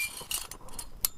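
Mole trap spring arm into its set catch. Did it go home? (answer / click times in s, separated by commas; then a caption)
yes / 1.0 s. A metal mole trap's spring-loaded knife arm is pulled up into its release catch, with faint metallic rattling and small clinks as it moves. At 1.0 s a sharp, bright click sounds as the latch catches in place, and the trap is set.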